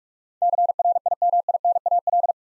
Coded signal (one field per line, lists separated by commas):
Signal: Morse code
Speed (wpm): 44 wpm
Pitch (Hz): 700 Hz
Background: none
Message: CRIMINAL